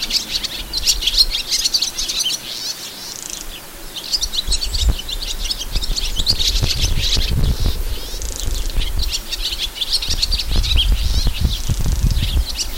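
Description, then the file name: Sand martin calls: dense, scratchy high twittering chirps that continue almost without pause, with intermittent low rumbling noise bursts underneath. "partifecske hangja"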